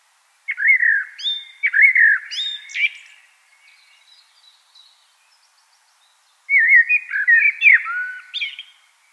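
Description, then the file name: Common blackbird song: two phrases of low mellow fluted notes, each finishing in high scratchy twitters, with a quiet gap between them. "Turdus merula"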